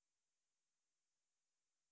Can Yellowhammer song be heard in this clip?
no